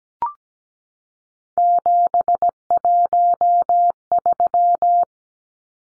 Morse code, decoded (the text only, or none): 713